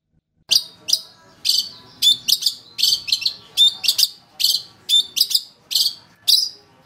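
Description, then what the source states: Long-tailed shrike song made of sharp, harsh chirps repeated in an irregular rapid series, each note bright and scratchy, with short gaps between bursts. Indonesian cendet song; training recording for songbird keepers, a master track.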